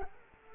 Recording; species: mosquito wingbeat signal from an infrared sensor; Culex quinquefasciatus